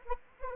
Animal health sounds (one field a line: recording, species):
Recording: mosquito wingbeat signal from an infrared sensor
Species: Anopheles arabiensis